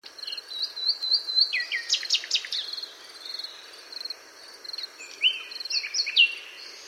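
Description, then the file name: Common nightingale singing varied phrases of rapid clicking notes, buzzy bursts and rising whistles, pausing briefly midway, with a continuous high cricket-like hum behind. "Luscinia megarhynchos"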